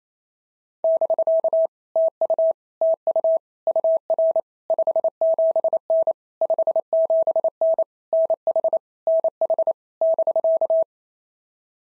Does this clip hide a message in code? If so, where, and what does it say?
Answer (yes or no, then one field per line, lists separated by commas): yes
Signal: Morse code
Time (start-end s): 0.8-10.8 s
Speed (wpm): 28 wpm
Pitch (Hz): 650 Hz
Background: none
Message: <BK> TU TU UR 57N 57N NH NH <BK>